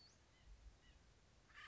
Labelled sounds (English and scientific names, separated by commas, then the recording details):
Western Flycatcher (Empidonax difficilis)
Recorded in Sonoma County, California